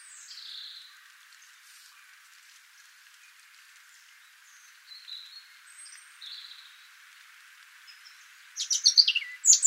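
European robin song, mostly faint high whistles and short wavering notes, ending in a sudden louder burst of sharp, rapid high notes.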